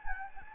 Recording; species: mosquito wingbeat signal from an infrared sensor; Anopheles gambiae